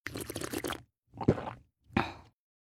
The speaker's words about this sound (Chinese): 说完了又灌一口酒，花生米儿嚼得嘎巴脆响。